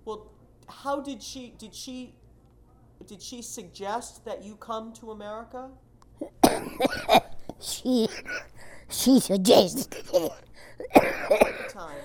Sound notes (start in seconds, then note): 6.2 coughs; 8.9 coughs